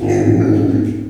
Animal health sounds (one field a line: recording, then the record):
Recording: squeal of a Yucatan mini pig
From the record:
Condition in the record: before surgery on the right vocal fold (resection and tissue-engineered implant)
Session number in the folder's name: 3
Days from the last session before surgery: 0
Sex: female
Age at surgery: 19 weeks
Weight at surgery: 25 kg